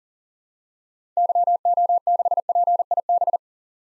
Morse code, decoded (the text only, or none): YO6PIB